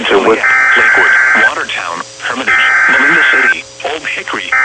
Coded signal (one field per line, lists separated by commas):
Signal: Emergency Alert System (SAME) tones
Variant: header bursts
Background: speech